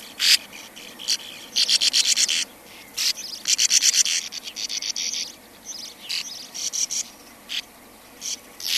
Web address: sand martin